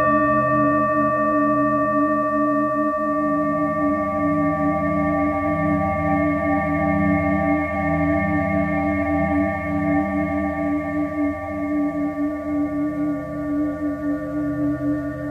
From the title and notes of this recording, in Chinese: 肠及DNA频率281-528Hz丨颂钵。